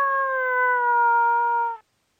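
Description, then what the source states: Coyote giving one drawn-out howl, smooth and tonal, sliding slightly downward over nearly two seconds and then stopping abruptly. Described as a mate call.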